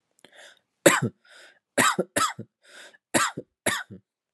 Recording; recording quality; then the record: heavy voluntary cough; excellent, no background noise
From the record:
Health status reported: healthy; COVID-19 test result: negative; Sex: male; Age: 24 years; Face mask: not worn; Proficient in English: yes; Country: India